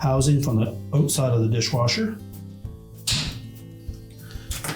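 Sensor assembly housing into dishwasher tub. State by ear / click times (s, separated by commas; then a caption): seated / 3.1 s. A new sensor assembly's plastic housing for an LG dishwasher is pressed into the tub opening while supported from outside, until both retaining tabs engage. Someone talks over background music. A strong thunk-like snap at 3.1 seconds marks the housing seating in place.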